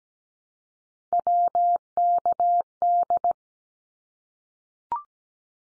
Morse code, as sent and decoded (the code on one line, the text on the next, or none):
.-- -.- -..
WKD